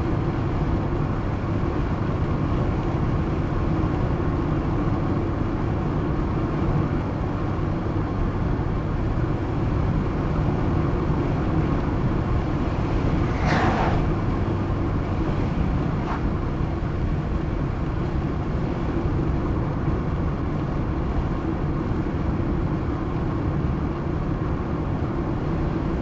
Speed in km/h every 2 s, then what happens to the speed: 104, 102, 96, 97, 97, 97, 98, 98, 98, 97, 92, 89, 90.
0-4 slows to 96. 4-16 steady at about 97. 16-26 slows to 90.